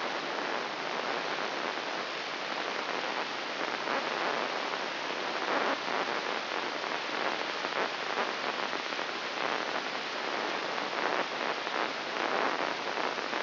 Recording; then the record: brain microelectrode recording played as sound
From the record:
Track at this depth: outside the subthalamic nucleus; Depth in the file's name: -0.683 mm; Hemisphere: left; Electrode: 3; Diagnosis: Parkinson's disease